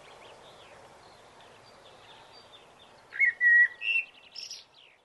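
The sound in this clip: Common blackbird singing one phrase, flute-like whistled notes followed by higher twittering, after a quiet stretch of soft background chirps.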